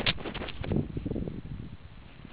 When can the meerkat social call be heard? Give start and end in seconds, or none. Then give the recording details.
none. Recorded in the Kuruman River Reserve, South Africa. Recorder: an audio tag on a meerkat's collar